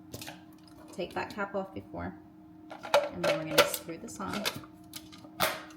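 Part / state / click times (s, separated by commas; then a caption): frozen dessert tub into the outer bowl of an ice cream maker / seated / 5.4 s. While someone talks, a plastic pint tub of frozen dessert, sitting in the outer bowl of an ice cream maker with its lid on, is twisted with a few knocks of handling along the way. At 5.4 s it locks into the outer bowl with a sharp snap, and the tub is seated.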